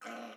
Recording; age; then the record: pig call; piglet (1 to 25 days)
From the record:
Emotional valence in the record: negative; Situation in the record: restrain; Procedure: in the arms of a person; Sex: female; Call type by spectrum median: low-frequency call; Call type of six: high-frequency modulated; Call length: 0.36 s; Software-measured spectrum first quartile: 504 Hz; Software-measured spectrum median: 975 Hz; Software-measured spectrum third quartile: 1880 Hz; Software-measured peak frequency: 715 Hz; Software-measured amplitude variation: 88 dB a second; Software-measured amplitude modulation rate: 23.3 a second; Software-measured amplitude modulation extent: 3.8 dB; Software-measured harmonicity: 0.5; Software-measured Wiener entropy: -0.79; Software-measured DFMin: 763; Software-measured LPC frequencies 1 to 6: 644, 1398, 2232, 2962, 4081, 5638 Hz